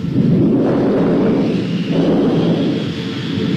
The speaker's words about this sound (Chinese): 暴风雨要来了